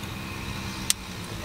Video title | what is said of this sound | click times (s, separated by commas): Horizonsteady testing on the Dji Avata using nd 32 | DC you hear it pop in | 0.9 s